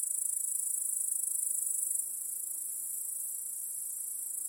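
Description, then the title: Crickets trill in a fast, high-pitched pulsing chorus that drops to a softer steady level partway through. Crickets in a home backyard at night, chorusing as day turns to night. "Crickets in Your Backyard 🏡. Discovering the Sounds of Home"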